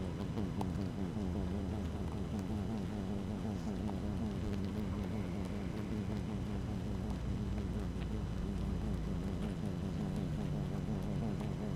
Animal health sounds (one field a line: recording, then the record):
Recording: honeybee colony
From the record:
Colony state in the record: active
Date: 12 June 2018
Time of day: 6:37